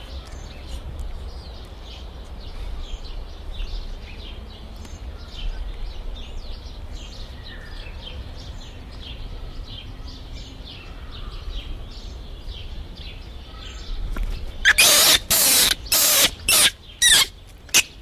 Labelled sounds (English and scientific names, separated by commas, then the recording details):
Barbary Macaque (Macaca sylvanus) call
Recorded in captivity
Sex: male
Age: juvenile
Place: Tierpark Berlin, Berlin, DE
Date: 1978-04-10 10:30
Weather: sunny, 14°C
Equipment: Uher 4200 Report Stereo, Sennheiser MD 421 HL, Verstärker
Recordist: Tembrock, Günter
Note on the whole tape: Jungtier: Laute, durch Mikrofon ausgelöst, dann Flucht zur Mutter. Abstand: 0,3 m